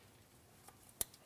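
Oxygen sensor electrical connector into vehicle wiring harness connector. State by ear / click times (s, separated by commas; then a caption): seated / 1.0 s. The plastic electrical connector of the Bank 1 upstream oxygen sensor on a 2007–2014 Ford Edge is pushed, locking tab facing up, into the vehicle's wiring harness connector. After faint ticks around 0.7 s and 0.9 s, a sharp click at 1.0 s marks the connector seating, followed by a small tick at 1.1 s.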